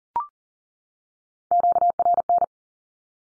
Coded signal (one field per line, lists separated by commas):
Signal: Morse code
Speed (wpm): 42 wpm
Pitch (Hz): 700 Hz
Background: none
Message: QRN